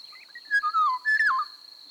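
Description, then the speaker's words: Eurasian golden oriole song: a short phrase of rich, fluting whistles sliding down and up, over a thin steady high insect tone. Loud song of short fluting, whistle-like phrases; recorded at Tatárszentgyörgy, with field cricket in the background. "Most egy tatár-szentgyörgyi sárgarigót hallunk, a háttérben mezei tücsök és kakukk szól."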